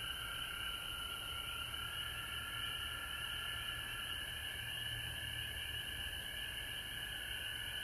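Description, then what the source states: Frog chorus of many overlapping trills that run on without a break, plus a low background rumble. Frogs recorded at home in Georgia on March 19, 2020.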